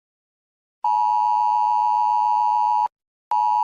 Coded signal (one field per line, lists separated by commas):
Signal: Emergency Alert System (SAME) tones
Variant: 853 and 960 Hz attention tone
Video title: Forty-Seven Returns: An EAS Scenario